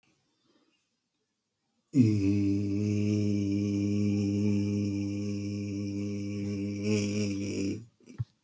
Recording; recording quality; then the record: sustained vowel as in made; excellent, no background noise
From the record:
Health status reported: healthy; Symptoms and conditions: cold, hypertension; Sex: male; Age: 50 years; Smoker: not ticked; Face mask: not worn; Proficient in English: yes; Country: India